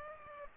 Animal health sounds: mosquito wingbeat signal from an infrared sensor; Aedes aegypti

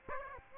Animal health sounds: mosquito wingbeat signal from an infrared sensor; Aedes aegypti

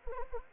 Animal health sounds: mosquito wingbeat signal from an infrared sensor; Anopheles arabiensis

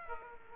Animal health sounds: mosquito wingbeat signal from an infrared sensor; Aedes aegypti

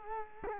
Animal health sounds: mosquito wingbeat signal from an infrared sensor; Culex quinquefasciatus

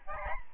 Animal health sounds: mosquito wingbeat signal from an infrared sensor; Aedes albopictus

